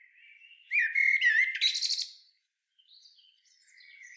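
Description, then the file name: Common blackbird: a loud, clear fluted phrase ending in a squeaky twitter, then a brief silence and faint, soft high notes. "Turdus merula"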